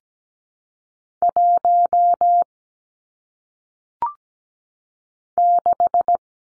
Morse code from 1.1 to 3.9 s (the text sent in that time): 1